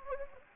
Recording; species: mosquito wingbeat signal from an infrared sensor; Anopheles gambiae